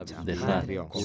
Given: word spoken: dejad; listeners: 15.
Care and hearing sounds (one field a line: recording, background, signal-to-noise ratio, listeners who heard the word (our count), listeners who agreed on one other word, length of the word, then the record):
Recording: one Spanish word in noise, from a listening test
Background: four-talker babble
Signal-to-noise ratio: -0.4 dB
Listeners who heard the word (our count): 0 of 15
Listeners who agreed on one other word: 11 of 15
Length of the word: 0.65 s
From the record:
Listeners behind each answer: 11, 1, 1, 1, 1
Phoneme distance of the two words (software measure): 10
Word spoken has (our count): 2 syllables, 5 phonemes, stress on syllable 2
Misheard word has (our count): 2 syllables, 5 phonemes, stress on syllable 2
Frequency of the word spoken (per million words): 0.97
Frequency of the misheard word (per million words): 147.47